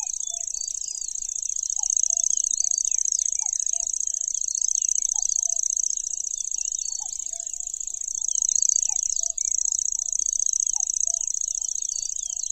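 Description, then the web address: Lanceolated warbler's continuous high reel running throughout, with much background bird twittering and regular soft low notes. "makinosennyu"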